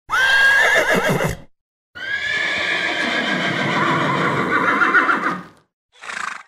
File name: horse sound